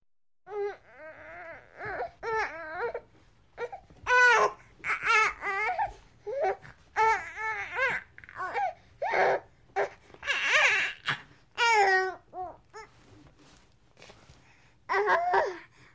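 An angry baby cries in a run of roughly a dozen short, high-pitched, wavering wails with brief gaps between them, some rising and falling within each burst, in a small room.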